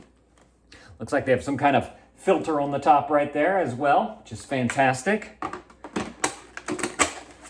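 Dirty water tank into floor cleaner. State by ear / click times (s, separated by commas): seated / 6.2 s, 6.6 s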